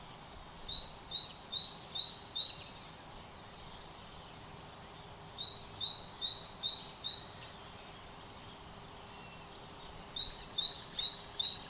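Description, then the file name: Great tit repeating a ringing two-part note pair in quick runs of five or six, three phrases with silent gaps between. "Parus major"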